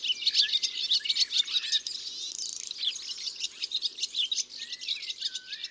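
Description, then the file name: European serin song, a sharp high jingling twitter, loudest in the first seconds, with lower drawn-out whistles near the end. "Serin cini ABC des chants doiseaux"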